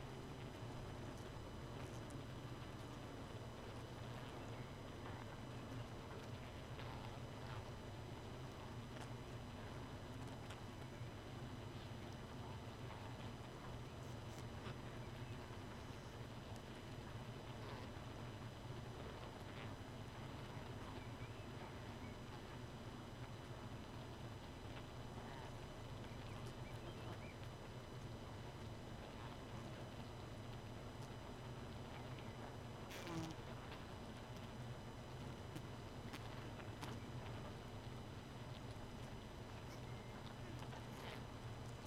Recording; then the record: honeybee colony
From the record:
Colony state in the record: missing queen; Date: 31 May 2018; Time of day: 2:41